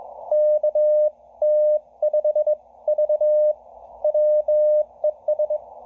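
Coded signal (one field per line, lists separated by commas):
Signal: Morse code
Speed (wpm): 20 wpm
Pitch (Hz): 600 Hz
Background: none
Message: KT5V WES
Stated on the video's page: SKCC weekend sprint contact, likely sent with a non-straight key.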